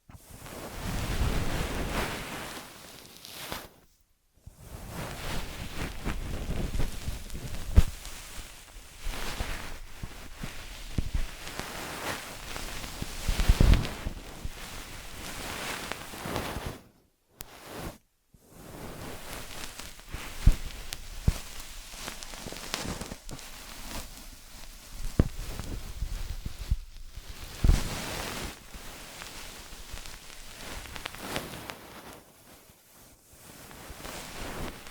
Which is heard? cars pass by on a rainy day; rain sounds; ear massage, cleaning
ear massage, cleaning